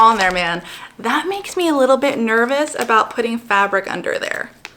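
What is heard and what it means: A plastic snap clamp is handled near the plastic tube of a Q-Snap embroidery frame while someone talks throughout. Nothing has seated or clicked yet; the clip ends just before the clamp snaps home, with only a brief sharp transient at 4.8 s.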